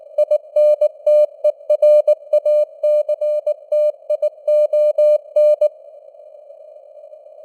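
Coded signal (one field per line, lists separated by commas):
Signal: Morse code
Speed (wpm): 19 wpm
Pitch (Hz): 600 Hz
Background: none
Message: INTERACTION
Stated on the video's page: Morse news headlines at 19 wpm with simulated radio noise and varying signal strength (QSB).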